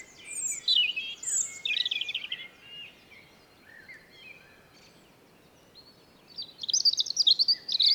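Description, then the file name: European robin: varied high, scratchy warbled phrases in short bursts separated by a pause, over constant background noise. "Erithacus rubecula"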